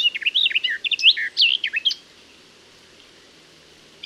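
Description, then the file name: Garden warbler song: a rapid, warbling run of varied notes lasting about two seconds, followed by quiet, then the start of another phrase at the end. "Fauvette des jardins"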